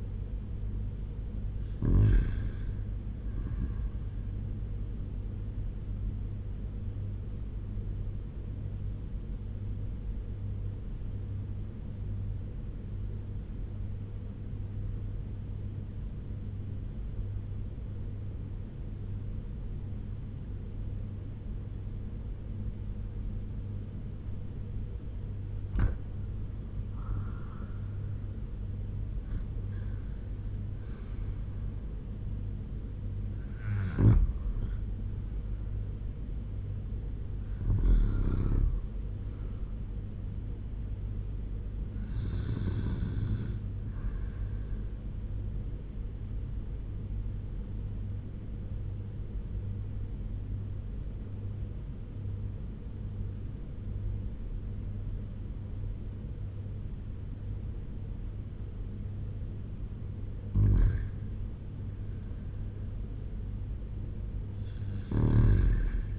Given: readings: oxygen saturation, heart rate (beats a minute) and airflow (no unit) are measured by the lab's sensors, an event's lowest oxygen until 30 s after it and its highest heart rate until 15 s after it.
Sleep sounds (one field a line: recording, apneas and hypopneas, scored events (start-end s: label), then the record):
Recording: breathing in sleep by a smartphone at the bedside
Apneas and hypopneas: 2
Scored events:
11.00-27.00 s: obstructive apnea (N1, oxygen 98% highest, then 92% lowest, heart rate 83 at the start, 90 highest)
50.00-61.30 s: obstructive apnea (N1, oxygen 97% highest, then 95% lowest, heart rate 78 at the start, 86 highest)
From the record:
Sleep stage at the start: N1 (lightest sleep)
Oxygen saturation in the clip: 86 to 98%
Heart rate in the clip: 76 to 90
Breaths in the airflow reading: 8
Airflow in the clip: -8.0 to 8.0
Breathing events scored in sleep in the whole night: 201 in 6.5 hours asleep